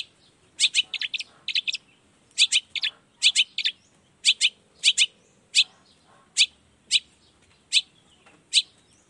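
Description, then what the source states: Long-tailed shrike singing paired and tripled sharp chattering notes, then single harsh notes at a slower pace. Shrike in full song in the morning, used to stimulate lazy, silent shrikes to start singing; 'toet toet' sound variation.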